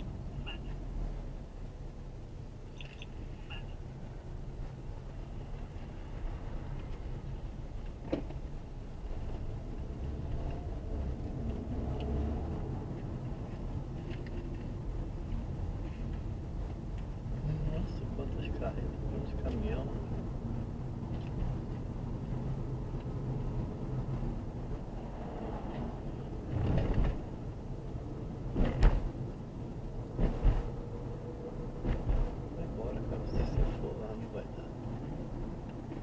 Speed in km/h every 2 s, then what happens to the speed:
13, 12, 13, 11, 14, 29, 30, 28, 30, 36, 36, 38, 38, 41, 41, 45, 46, 43.
0-7 steady at about 12. 7-10 speeds up to 29. 10-15 steady at about 29. 15-31 speeds up to 46.